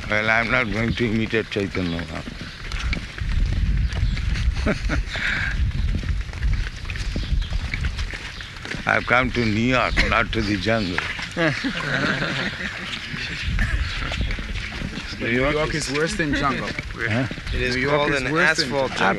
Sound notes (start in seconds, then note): 4.4 laughs; 11.3 laughter